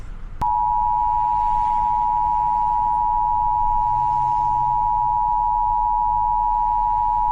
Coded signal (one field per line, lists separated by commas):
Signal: Emergency Alert System (SAME) tones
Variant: 853 and 960 Hz attention tone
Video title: On the Loose (An EAS Scenario)